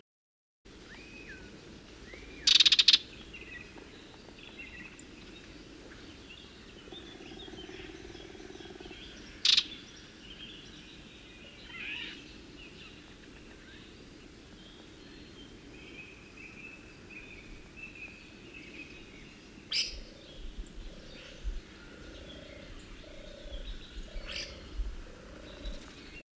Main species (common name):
Barred Warbler